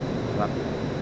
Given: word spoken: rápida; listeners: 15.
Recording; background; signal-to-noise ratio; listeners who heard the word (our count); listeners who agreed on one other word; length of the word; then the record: one Spanish word in noise, from a listening test; speech-shaped noise; -4.3 dB; 0 of 15; 10 of 15; 0.62 s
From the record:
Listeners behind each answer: 10, 1, 1, 1, 1, 1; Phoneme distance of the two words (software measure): 10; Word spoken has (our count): 3 syllables, 6 phonemes, stress on syllable 1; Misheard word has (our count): 3 syllables, 6 phonemes, stress on syllable 1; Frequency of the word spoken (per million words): 36.01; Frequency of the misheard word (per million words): 53.16